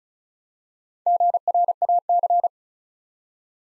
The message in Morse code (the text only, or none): GRAC